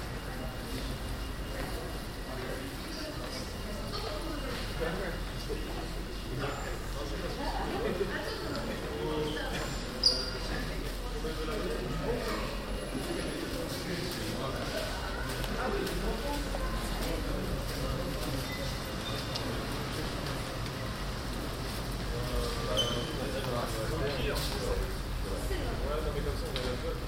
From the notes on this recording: Pedestrians, cyclists and a violist at the Turfmarkt; a passageway between the Central Station and the city centre